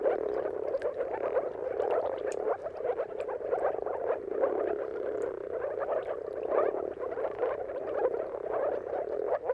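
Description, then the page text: Moor frog mating chorus, a dense continuous bubbling of low, soft croaks from many frogs, swelling and fading slightly throughout. Chorus of moor frogs giving mating calls at sunrise, seen at the turn of March and April depending on the weather. "Jakub-Orzecki moor frogs. Dawn’s Chorus: Mating Calls of Marsh Frogs at Sunrise. Depending on the weather at the turn of March and April, you can witness an amazing spectacle of moor frogs"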